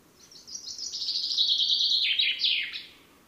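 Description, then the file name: Common chaffinch song, a lively series of quick notes falling in pitch, forming a rattling descent that breaks into a distinct closing flourish. "Fringilla coelebs"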